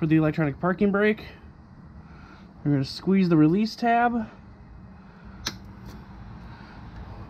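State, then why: Released. Someone talks while the release tab on the plastic wiring connector of the electronic parking brake actuator on the rear caliper of a 2014–2019 Subaru Legacy is squeezed. At 5.5 s a short, sharp click is heard as the connector unclips and is pulled off, disconnected.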